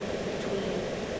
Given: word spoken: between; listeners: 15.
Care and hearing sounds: one English word in noise, from a listening test; speech-shaped noise; -6.5 dB; 1 of 15; 10 of 15; 0.80 s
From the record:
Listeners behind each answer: 10, 2, 1, 1, 1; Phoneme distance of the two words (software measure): 24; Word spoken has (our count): 2 syllables, 6 phonemes, stress on syllable 2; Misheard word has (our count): 1 syllable, 4 phonemes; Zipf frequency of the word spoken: 5.55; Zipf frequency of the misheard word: 3.45

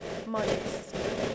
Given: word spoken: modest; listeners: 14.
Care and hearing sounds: one English word in noise, from a listening test; noise modulated by three-talker babble; -4.5 dB; 4 of 14; 6 of 14; 0.95 s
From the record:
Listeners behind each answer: 6, 4, 1, 1, 1, 1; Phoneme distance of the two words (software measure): 24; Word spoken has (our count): 2 syllables, 6 phonemes, stress on syllable 1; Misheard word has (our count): 1 syllable, 4 phonemes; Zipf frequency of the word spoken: 4.05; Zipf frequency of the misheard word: 3.79

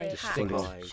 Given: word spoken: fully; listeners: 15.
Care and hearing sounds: one English word in noise, from a listening test; four-talker babble; -2.3 dB; 0 of 15; 7 of 15; 0.53 s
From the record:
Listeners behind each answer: 7, 2, 1, 1, 1, 1, 1, 1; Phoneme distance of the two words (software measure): 68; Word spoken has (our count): 2 syllables, 4 phonemes, stress on syllable 1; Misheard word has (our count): 2 syllables, 8 phonemes, stress on syllable 2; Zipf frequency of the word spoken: 4.61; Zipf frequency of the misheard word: 3.75

